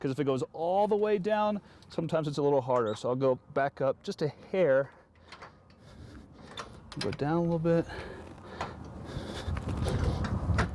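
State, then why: Seated. Someone talks while a camper trailer's tongue is lowered with the jack, bringing the metal coupler down onto the tow vehicle's hitch ball. Mechanical rattling and clunks follow, and the coupler seats and locks onto the ball with a sharp click at 9.6 s, sitting low on the ball.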